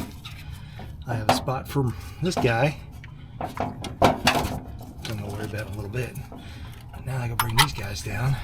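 During a transmission job on an Express van, plastic retaining clips are handled and brought down toward their mounting spot on the van while someone talks. Scattered knocks and light clatter are heard, with a sharp knock near 4.3 s. Nothing has seated or clicked into place yet.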